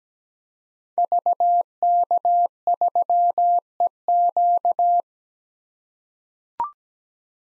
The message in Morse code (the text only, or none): VK3EQ